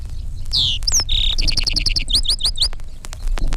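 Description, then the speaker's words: Lark Sparrow song: clear down-slurred notes, a brief buzzy note, then quick rattling trills and a run of repeated rising whistles, with low rumbling background noise. Song sometimes includes a buzzy note; voice described as rather similar to the song sparrow's. "Listen now to the lark sparrow, who sometimes puts in a buzzy note."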